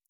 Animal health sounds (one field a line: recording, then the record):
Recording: hydrophone in a shrimp aquaculture tank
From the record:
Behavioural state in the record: normal